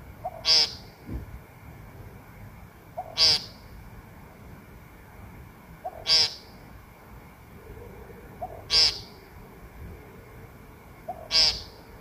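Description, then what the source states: Woodcock repeating a buzzy, nasal call roughly every two and a half seconds, five calls in all, each with a brief soft note just before it. Captured on a smartphone; a quiet whoop, possibly an in-drawn breath, comes just before every call.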